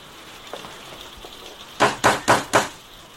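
Four loud, sharp knocks rap on a door in a quick, even rhythm, following a stretch of faint, quiet background hiss.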